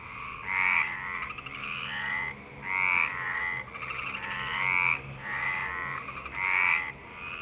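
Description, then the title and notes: Frog chorus of rasping pulsed croaks in loud bursts roughly every two seconds, several callers overlapping. Several frogs in Parc Longchamp, Marseille, Provence-Alpes-Côte d'Azur, France; 26 March 2011 at 19:35; recorded with a MixPre-6 and Basic UCHO. "Marseille, Provence-Alpes-Côte d'Azur, France - 26_03_11_19_35 Longchamps_004 grenouilles. Grenouilles au parc de Longchamp"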